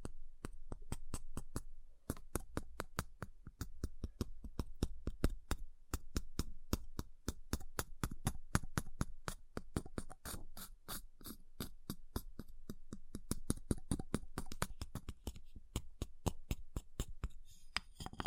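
Ice is tapped and carved in a fast, fairly regular stream of sharp clicks and chips, several per second for the whole stretch. Each strike is crisp and bright with a short thud underneath. The pace stays dense throughout, with brief gaps near two seconds.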